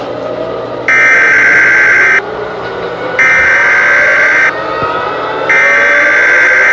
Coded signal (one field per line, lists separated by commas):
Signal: Emergency Alert System (SAME) tones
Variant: header bursts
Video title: EAS Scenario: Eyes in the sky